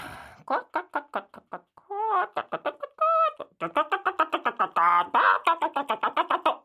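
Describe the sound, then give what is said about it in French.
A voice imitates a hen clucking in quick, rhythmic bursts of short, pitched clucks, broken by a few longer drawn-out squawks, loud and alone without other talk. “Vos poules sont des gardiennes qui veillent à l'équilibre de la plaine.”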